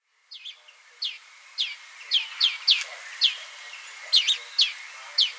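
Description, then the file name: European greenfinch calls: sharp, descending chirp notes repeated irregularly, sometimes paired, over a faint background hiss. "Chloris chloris"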